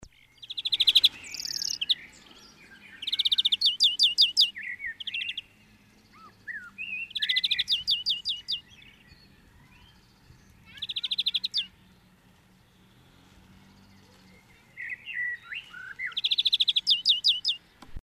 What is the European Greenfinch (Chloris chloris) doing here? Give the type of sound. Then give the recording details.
song. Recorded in the wild. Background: Turdus merula, Homo sapiens. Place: Kaiserslautern, Rheinland-Pfalz, DE. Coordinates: 49.4247, 7.77889. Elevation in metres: 279. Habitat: garden. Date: 1979-05-13. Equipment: Nagra IV, Sennheiser MKH 405, Parabolreflektor. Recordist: Tretzel, Erwin. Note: Garten, Kaiserslautern: Gesang